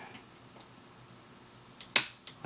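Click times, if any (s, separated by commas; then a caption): 2.0 s. A plastic LEGO brick piece is pressed by hand into its spot on a LEGO Monkie Kid Megapolis City 5th Anniversary model (set 80054, 2024). Faint ticks around 1.8 s and 2.3 s surround a sharp, loud snap at 2.0 s as the piece seats firmly in place.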